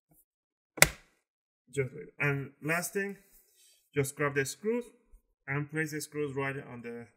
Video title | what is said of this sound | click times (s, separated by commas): lenovo ideapad flex 15iwl RAM UPGRADE Guide under 5min | make sure you hear those click sounds in the front and on the side everything like that | 0.8 s